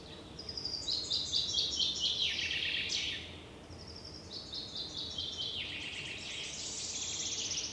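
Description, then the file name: Common chaffinch song: two descending trilled phrases, each dropping in pitch and ending with a quick flourish, over a steady low background hiss. "Fringilla coelebs"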